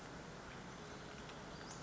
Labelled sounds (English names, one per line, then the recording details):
Western Flycatcher
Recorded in Sonoma County, California